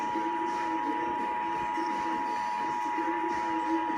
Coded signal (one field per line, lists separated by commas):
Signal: Emergency Alert System (SAME) tones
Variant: 853 and 960 Hz attention tone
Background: speech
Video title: Child Abduction Emergency EAS #46